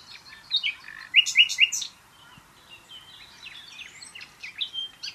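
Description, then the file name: Common nightingale singing a phrase with a loud, rapid trill of repeated notes, then softer, thinner whistles and chirps. "Luscinia megarhynchos"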